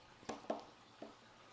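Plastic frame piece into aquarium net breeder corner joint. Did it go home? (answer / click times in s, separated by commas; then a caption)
no / none. A plastic frame piece is pushed into a corner joint of an aquarium net breeder, producing sharp knocks at about 0.3 s and 0.5 s and a softer one near 1.0 s. The piece does not click or lock in because it was fitted backwards, so nothing has seated yet.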